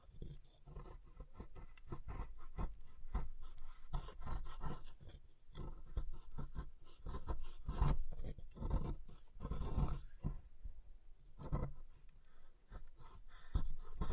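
Chalk being carved and cut with short scraping and rasping strokes, repeated quickly and unevenly throughout. Scratchy, gritty passes alternate with brief pauses, a few sharper knocks near eight and ten seconds, and the activity grows denser toward the end.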